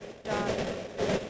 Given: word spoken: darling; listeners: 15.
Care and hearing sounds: one English word in noise, from a listening test; noise modulated by three-talker babble; -7.8 dB; 3 of 15; 6 of 15; 0.90 s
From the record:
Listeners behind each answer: 6, 3, 3, 1, 1, 1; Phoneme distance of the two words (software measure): 30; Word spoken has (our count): 2 syllables, 5 phonemes, stress on syllable 1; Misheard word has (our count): 2 syllables, 5 phonemes, stress on syllable 1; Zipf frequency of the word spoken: 4.82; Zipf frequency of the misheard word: 2.57

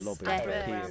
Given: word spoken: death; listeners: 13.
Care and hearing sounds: one English word in noise, from a listening test; four-talker babble; -2.0 dB; 2 of 13; 9 of 13; 0.51 s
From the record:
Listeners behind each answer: 9, 2, 1, 1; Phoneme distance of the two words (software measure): 27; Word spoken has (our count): 1 syllable, 3 phonemes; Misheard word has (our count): 1 syllable, 4 phonemes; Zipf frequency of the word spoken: 5.14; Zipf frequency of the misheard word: 5.09

